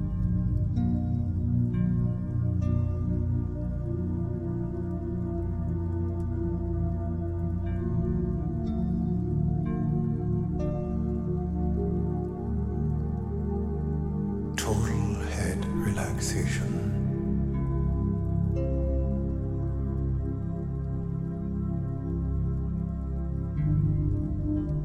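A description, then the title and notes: Soft music of slow, sustained low tones that hold and blend at an even loudness throughout. Higher notes drift in faintly above them. At about 15 seconds a bright, crackling hiss bursts in for roughly two seconds, then fades. Soft Music With Rain Sounds.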